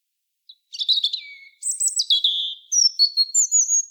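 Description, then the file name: European robin song: a varied phrase of high twitters, a low drawn-out whistle, then tinkling high notes and thin sustained whistles. "Erithacus rubecula"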